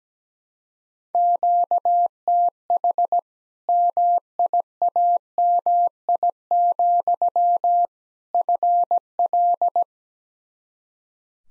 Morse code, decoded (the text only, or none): QTH MIAMI, FL